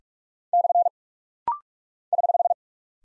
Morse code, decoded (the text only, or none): / <HH>